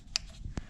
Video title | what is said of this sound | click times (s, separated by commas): 2006 CADILLAC STS BELT REPLACEMENT | plug in our mass airflow sensor make sure you hear click | 0.2 s